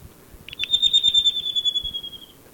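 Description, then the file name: Slaty-crowned antpitta calling a high, fast trill that opens with a couple of sharp notes, then runs evenly and fades slightly downward, against low background noise. "Grallaricula nana - Slaty-crowned Antpitta"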